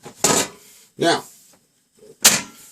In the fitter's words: and then you come over here and you flip the lid, and it locks in place, and it's ready to go.